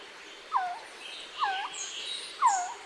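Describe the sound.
Resplendent Quetzal uttering three short hooked notes about one second apart, over a steady high background hiss.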